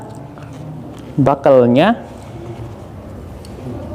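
Someone handles the metal buckle of a rescue harness strap as it is fastened into its strap webbing, with faint handling noise and someone talking briefly in the middle. Nothing has seated or clicked yet; the buckle is not yet locked home.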